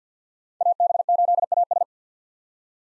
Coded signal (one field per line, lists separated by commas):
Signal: Morse code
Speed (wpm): 50 wpm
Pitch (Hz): 700 Hz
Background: none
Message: AB8AS